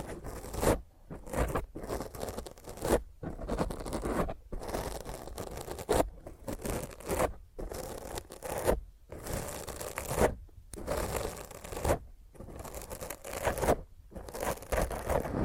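Fingernails scratch roughly and hard across a microphone in repeated rasping strokes, each lasting about a second. Sharp silent breaks separate them. The strokes are dense and gritty, with a heavy low rumble beneath the crackle, and stay fairly even in force throughout.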